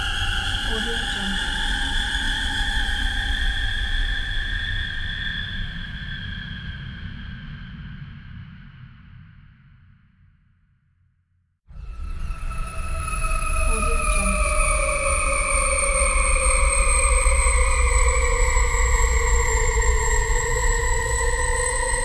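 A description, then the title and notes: A sci-fi UFO scanner drones with a low rumble under several steady, slowly gliding whistling tones. Around the middle it fades almost to silence, the high tones dropping away first, then snaps back on near twelve seconds and continues. Ufo Scanner.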